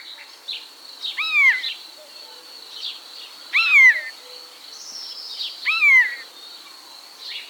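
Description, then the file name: Common starling whistles: a descending slurred note with overtones, repeated three times about two seconds apart. "seregely"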